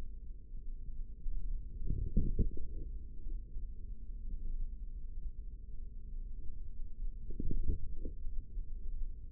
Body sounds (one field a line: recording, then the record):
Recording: forearm muscle sounds (acoustic myography)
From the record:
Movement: forearm pronation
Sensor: system 3, bracelet of six PUI Audio POM-2738L microphones around the upper forearm, with dedicated amplification and filtering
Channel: 5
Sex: male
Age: 55 years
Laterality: right